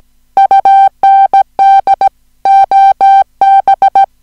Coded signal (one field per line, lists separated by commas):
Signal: Morse code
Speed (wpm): 16 wpm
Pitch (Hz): 780 Hz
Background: music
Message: UND OB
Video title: Daedons - eine Kurzgeschichte in Morse - Teil 1 der Serie "Listen & Copy"